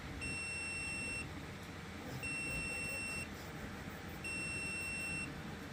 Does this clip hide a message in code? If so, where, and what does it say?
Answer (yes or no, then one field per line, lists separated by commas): no